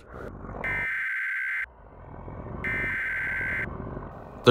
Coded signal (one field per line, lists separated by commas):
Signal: Emergency Alert System (SAME) tones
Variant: header bursts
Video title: Celestina: Reverse Isekai - an EAS Scenario/Audio Drama